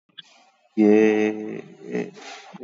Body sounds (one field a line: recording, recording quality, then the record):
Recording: sustained vowel as in made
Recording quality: excellent, no background noise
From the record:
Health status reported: exposed to COVID-19, no respiratory illness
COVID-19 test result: negative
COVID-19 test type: RT-PCR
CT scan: taken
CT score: 7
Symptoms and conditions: loss of smell and taste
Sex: male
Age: 33 years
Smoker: no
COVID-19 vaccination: one dose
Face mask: worn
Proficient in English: yes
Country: India